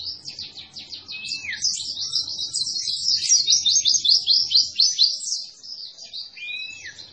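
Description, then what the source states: White-eye song: a sustained stream of rapid high chattering notes, with two falling whistled slurs, over a soft low background rumble. Training recording for cage birds of an energetically singing (gacor) white-eye.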